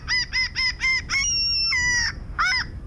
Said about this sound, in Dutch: De stormeeuw.